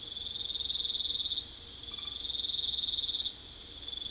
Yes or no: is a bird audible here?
no